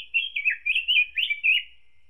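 Robin song: a rapid, high warbled phrase of thin trills and slurred notes, rising and falling quickly for under two seconds, with nothing else heard.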